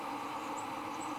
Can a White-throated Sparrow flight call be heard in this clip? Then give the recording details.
no. No flight call is heard. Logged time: 10:42 on 23 September 2014